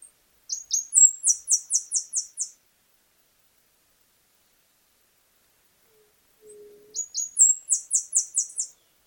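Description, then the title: Saffron-billed sparrow, a high, thin phrase: a couple of short downslurred notes, then a fast run of sharp descending notes, heard twice with a pause between. "LuckyPassaro Completos2Sama. Saffron-billed Sparrow (Arremon flavirostris)"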